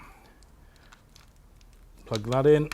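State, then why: Not seated. On a Harley-Davidson gauge upgrade, a wiring harness plug is handled and lined up with the speedometer's receptacle just before being pushed home. Faint, small ticks and taps from the handling are heard between about 0.4 and 1.7 seconds, and someone talks from about 2.1 seconds. Nothing has seated or clicked yet.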